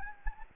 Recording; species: mosquito wingbeat signal from an infrared sensor; Anopheles gambiae